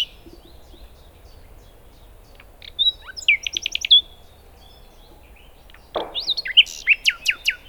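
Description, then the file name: Common nightingale song: two phrases of quick repeated notes, the second after a brief noisy rustle and made of sharp strokes. "Luscinia megarhynchos"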